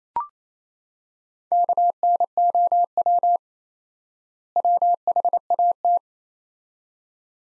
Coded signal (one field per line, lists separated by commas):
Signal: Morse code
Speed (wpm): 28 wpm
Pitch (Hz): 700 Hz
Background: none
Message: KNOW WHAT